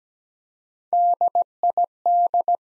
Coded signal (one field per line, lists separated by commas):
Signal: Morse code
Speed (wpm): 17 wpm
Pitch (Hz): 700 Hz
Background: none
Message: DID